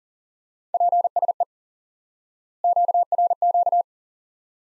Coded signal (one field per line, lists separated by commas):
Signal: Morse code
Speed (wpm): 40 wpm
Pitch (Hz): 700 Hz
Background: none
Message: PSE QRQ